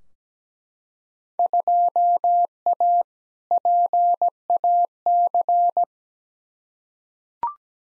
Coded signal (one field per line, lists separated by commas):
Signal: Morse code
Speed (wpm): 17 wpm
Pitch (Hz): 700 Hz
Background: none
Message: 2A PAC